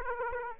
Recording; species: mosquito wingbeat signal from an infrared sensor; Aedes aegypti